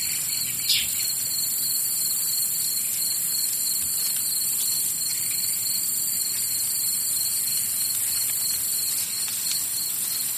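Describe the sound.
Cricket giving high pulsed chirps through the whole stretch, over a steady high hiss, with one louder click near the start.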